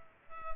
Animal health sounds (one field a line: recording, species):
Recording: mosquito wingbeat signal from an infrared sensor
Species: Culex pipiens